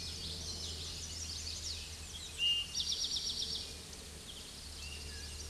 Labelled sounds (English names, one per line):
Eastern Towhee song